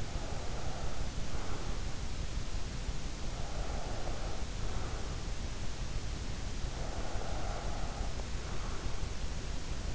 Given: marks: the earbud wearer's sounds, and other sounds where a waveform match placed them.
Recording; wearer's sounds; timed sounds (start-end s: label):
sounds in sleep by an in-ear microphone; breath
0.00-1.94 s: breath
3.31-5.26 s: breath
6.57-8.86 s: breath